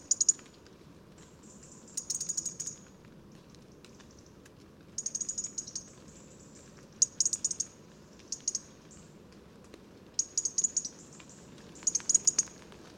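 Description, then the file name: European robin calling: clusters of very high, rapid ticking notes, repeated in bursts every few seconds. "Erithacus rubecula"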